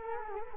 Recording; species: mosquito wingbeat signal from an infrared sensor; Culex quinquefasciatus